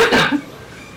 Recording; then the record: coughing mixed with background sound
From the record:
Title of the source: Barking cough - # 10